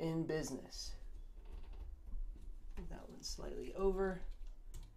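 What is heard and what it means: An AIO liquid cooler mounting bracket, a be quiet! Pure Loop 240mm, is handled and adjusted against its PC case/motherboard mount because one side sits slightly over. Someone talks while faint handling noises and brief taps are heard. Nothing has seated or clicked yet.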